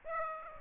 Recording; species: mosquito wingbeat signal from an infrared sensor; Aedes aegypti